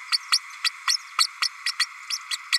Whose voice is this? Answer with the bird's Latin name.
Forpus passerinus